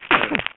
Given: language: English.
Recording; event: throat vibration sensor signal played as sound; cough